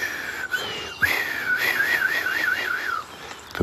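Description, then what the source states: Red Kite whistled call: a drawn-out high whistle, then a wavering, quavering series of notes that slides gently downward. Possibly calling from its nest; early June, golden sunlight and rising moon, grasses flowering.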